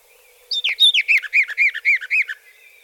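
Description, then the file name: Western Orphean warbler song: a short, lively strophe of about a dozen repeated warbling notes given rapidly in an even rhythm. "Fauvette orphee"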